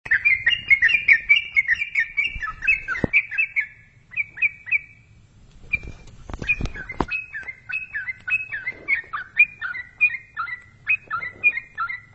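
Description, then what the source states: Yellow-vented bulbul song of quick clustered chirps at first, then sparser spaced whistled notes, with a few sharp clicks and a faint low hum. Described as a champion songster.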